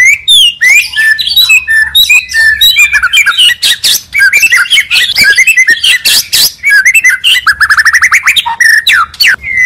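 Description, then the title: Oriental magpie-robin song: dense, varied phrases of clear whistles, harsh chatters and a fast rising trill near the end, delivered loudly and continuously. "Kacer"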